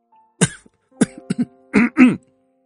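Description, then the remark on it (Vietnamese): A series of coughs from a man: one sharp cough, then a quick cluster of short hacks, ending with two heavier, throaty coughs. No speech accompanies them. “Gia Minh thu gọn ánh mắt lại, sắc mặt có chút thay đổi rồi ho lên mấy tiếng.”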